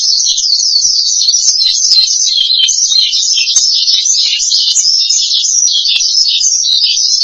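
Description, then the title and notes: Starling song, an unbroken run of chattering, wavering high notes with quick rises and falls, steady in loudness throughout. "suara burung jalak"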